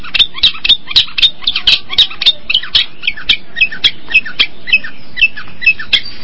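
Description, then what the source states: Long-tailed shrike song: quick, repeated high chirps and short whistles, roughly four per second. Combination song style.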